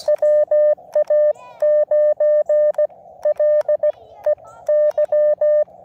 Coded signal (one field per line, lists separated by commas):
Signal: Morse code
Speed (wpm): 17 wpm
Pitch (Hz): 600 Hz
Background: none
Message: WA9LEY